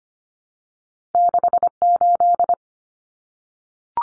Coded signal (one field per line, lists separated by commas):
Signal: Morse code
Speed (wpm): 25 wpm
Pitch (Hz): 700 Hz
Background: none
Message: 68